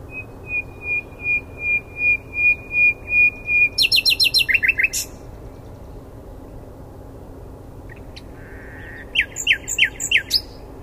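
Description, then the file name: Common nightingale song: a pure whistled note repeated several times in a crescendo, then a fast rattle; after a pause, another burst of rapid chips. "Luscinia megarhynchos"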